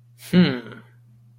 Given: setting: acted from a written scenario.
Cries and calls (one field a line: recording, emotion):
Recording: vocal sound without words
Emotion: pride